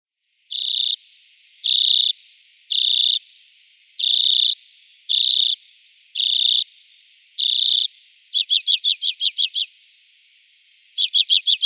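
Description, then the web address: Common Redpoll song: a string of seven harsh buzzy notes about a second apart, then two rapid dry chattering trills. "Schulze Peter Common Redpoll song"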